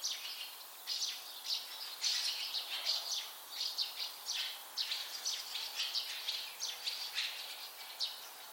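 Bird with a busy run of high chirps, closely spaced and near continuous after the first second, over gentle background noise.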